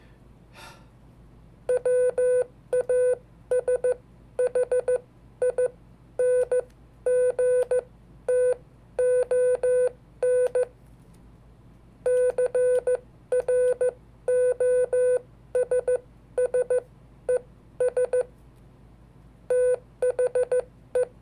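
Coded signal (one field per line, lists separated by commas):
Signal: Morse code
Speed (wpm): 14 wpm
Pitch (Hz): 500 Hz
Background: none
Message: WASHINGTON CROSSES THE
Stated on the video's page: Hand-sent Morse of historical dates, with sending mistakes left in.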